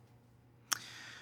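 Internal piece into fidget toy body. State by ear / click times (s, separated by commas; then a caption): seated / 0.7 s. Small internal pieces are lined up and pushed into the body of a Mahjong 2 leather-and-wood fidget toy. After a quiet stretch, one sharp click sounds at 0.7 s as a piece snaps into place, followed by a faint, steady hiss. The piece is seated.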